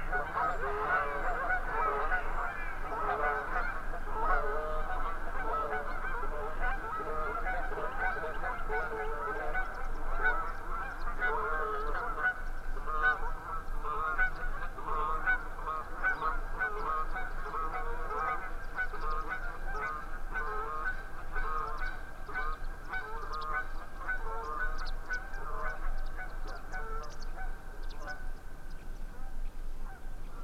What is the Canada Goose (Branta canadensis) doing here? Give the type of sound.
call